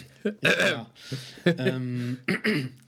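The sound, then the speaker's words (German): Someone clears their throat several times in a row: rough, voiced rasps broken by a breathy, hissing stretch in the middle, fairly loud and with no words spoken. “Es geht das Räuspern wieder das, los.”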